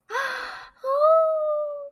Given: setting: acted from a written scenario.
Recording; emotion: vocal sound without words; positive surprise